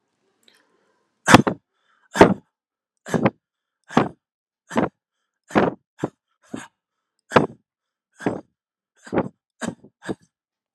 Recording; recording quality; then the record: heavy voluntary cough; excellent, no background noise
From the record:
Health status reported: healthy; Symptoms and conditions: hypertension, diabetes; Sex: male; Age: 64 years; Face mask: not worn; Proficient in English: yes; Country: India